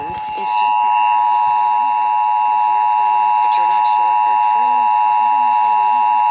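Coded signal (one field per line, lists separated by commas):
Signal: Emergency Alert System (SAME) tones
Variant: 853 and 960 Hz attention tone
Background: speech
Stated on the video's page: Ohio Required Monthly Test relayed on 5-7 stations, not via IPAWS, received on EAS and NOAA Weather Radio.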